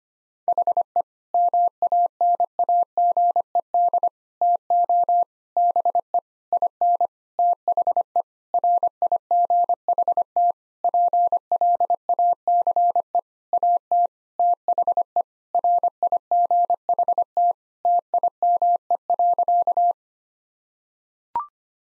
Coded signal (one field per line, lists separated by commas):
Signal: Morse code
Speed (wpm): 25 wpm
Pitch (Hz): 700 Hz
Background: none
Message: HE MANAGED TO BE IN THE RIGHT PLACE AT THE RIGHT TIME.